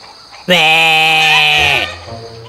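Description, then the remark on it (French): A sheep lets out one loud, sustained bleat lasting over a second, its steady, nasal tone wavering slightly before cutting off into a quieter, lower trailing sound. “J'ai pensé à un mouton, mais malheureusement, ça ne lui a pas plu.”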